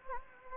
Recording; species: mosquito wingbeat signal from an infrared sensor; Anopheles gambiae